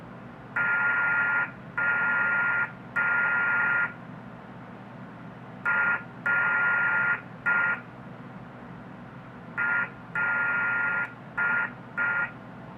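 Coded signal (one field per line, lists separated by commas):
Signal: Morse code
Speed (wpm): 4 wpm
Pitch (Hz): 1410 Hz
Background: radio noise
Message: O R L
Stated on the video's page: Morse CW generated by a leaky computer monitor and received with a HackRF.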